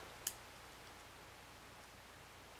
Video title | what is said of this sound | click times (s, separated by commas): Beretta Nano - Slide Disassembly how to | okay you hear it snap in place | 0.3 s